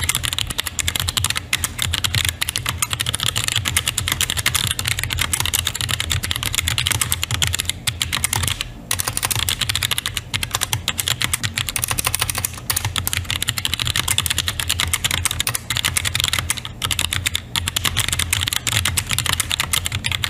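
Rapid, continuous typing on a keyboard, each keystroke a crisp bright click with a faint springy rattle from the switches. The pace stays dense and steady for the whole stretch, with only brief pauses near eight seconds, over a low, soft background hum.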